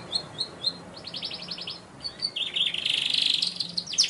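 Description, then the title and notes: Canary song: scattered chirps, a fast ticking trill, then a dense buzzy rolling phrase and high notes at the end. Young canary; recording used as a long-duration lure and tutor song for training canaries. "Pancingan Kenari Muda Durasi Panjang. masteran kenari"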